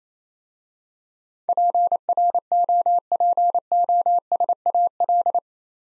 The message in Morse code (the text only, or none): PROPOSAL